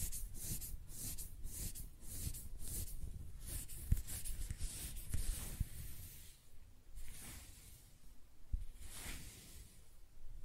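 Close-up hair sounds: soft scratching and brushing strokes repeat every half second or so, each a brief hiss with a low rustle beneath. The first six seconds are busy and dense, then strokes thin out to sparser, quieter sweeps with a few small taps.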